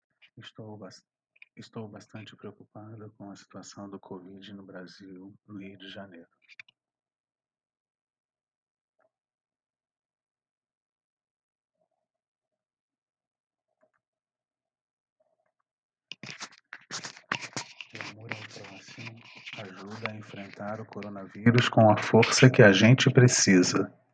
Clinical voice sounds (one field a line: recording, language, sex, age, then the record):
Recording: spoken sentence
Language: Brazilian Portuguese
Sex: male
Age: 50 to 59 years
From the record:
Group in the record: control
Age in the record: 53 years